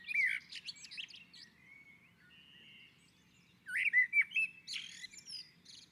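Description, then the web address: Common blackbird song: rich fluting warbled phrases near the start, a quieter twittering stretch, then another loud mellow phrase ending in squeaky high notes. Singing on a roof. "Naturinspelningar Koltrast på taket"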